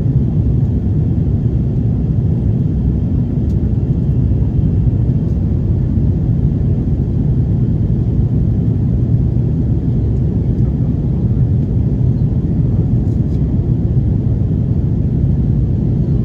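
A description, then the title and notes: Steady engine roar inside an Airbus A330 cabin in flight, a dense low rumble that holds the same level throughout. A faint thin tone sits above it, and a few soft brief clicks come through, around 3, 5, 10 and 13 seconds. FULL FLIGHT - Airbus A330 Palma to Frankfurt (Condor).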